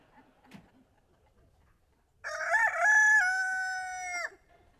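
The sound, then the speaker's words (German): A rooster lets out a single loud, drawn-out crow with a rising start and a long sustained harmonic tone that cuts off sharply, preceded by a brief faint rustle. “Also, wenn sich der Hahn nicht um eine Stunde verkräht hat, dann geht's schon auf den Tag los.”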